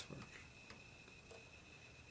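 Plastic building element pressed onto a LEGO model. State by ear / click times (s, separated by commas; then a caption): not seated / none. A plastic LEGO piece is handled against a LEGO Super Heroes Iron Man: Extremis Sea Port Battle model while someone works out how a mechanism attaches and talks briefly. Faint handling ticks occur around 0.7 s and 1.3 s over a steady high hum. Nothing has seated or clicked into place yet.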